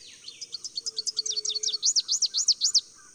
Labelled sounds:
Rufous-capped Warbler (Basileuterus rufifrons) song
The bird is a male
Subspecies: salvini
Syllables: 23
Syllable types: 6
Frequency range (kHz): 3.0-7.0 kHz
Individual VN-GWS-M

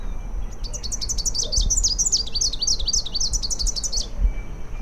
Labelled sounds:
Rufous-capped Warbler (Basileuterus rufifrons) song
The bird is a male
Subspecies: rufifrons
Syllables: 35
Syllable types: 9
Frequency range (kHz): 3.0-8.3 kHz
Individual AR-YYS-M

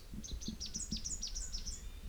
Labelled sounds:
Rufous-capped Warbler (Basileuterus rufifrons) song
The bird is a female
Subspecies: rufifrons
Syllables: 16
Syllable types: 5
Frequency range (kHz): 3.1-8.4 kHz
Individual CS-WGS-F

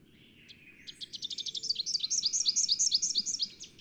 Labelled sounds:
Rufous-capped Warbler (Basileuterus rufifrons) song
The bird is a male
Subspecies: rufifrons
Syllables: 27
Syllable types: 7
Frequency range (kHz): 2.7-7.8 kHz
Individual CS-WYSR-M

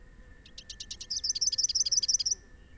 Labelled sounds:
Rufous-capped Warbler (Basileuterus rufifrons) song
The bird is a male
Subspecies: rufifrons
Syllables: 20
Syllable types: 4
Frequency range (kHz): 2.5-6.2 kHz
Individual SP-R07-M

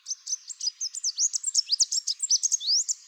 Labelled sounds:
Chestnut-capped Warbler (Basileuterus delattrii) song
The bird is a male
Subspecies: delattrii
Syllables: 21
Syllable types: 19
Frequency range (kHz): 3.4-9.1 kHz
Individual CR-BBGS-M

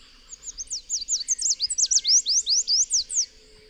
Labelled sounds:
Chestnut-capped Warbler (Basileuterus delattrii) song
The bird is a male
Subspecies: delattrii
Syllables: 18
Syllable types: 13
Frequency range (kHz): 3.5-9.7 kHz
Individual FV-D12-M

